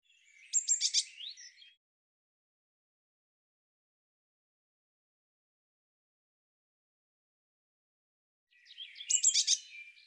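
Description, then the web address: Eurasian blue tit giving two bursts of rough, buzzy chattering notes separated by a long silence of about seven seconds. "cianscape birddata Deverinetal 2025 Bird Cy Ca"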